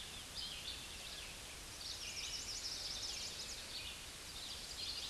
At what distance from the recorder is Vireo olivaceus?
about 40 m